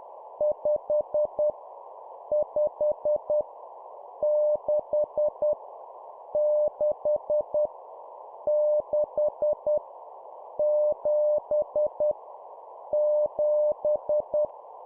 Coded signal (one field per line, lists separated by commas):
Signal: Morse code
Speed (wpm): 10 wpm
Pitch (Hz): 600 Hz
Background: none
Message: 5 5 6 6 6 7 7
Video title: 10wpm Repeat three times Number, morse code course